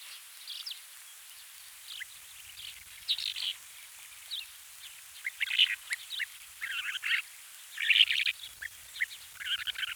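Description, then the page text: Lesser short-toed lark song: scratchy, buzzy bursts and chattering notes in irregular clusters, with short pauses between phrases, over a faint steady hiss. "Lesser Short-Toed Lark Song 1. Quick Sounds"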